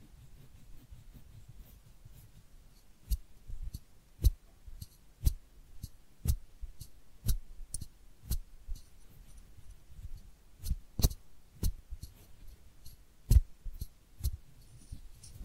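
Head massage and ear cleaning sounds: sharp clicks and taps every second or so over a low, soft rubbing, with quiet stretches between.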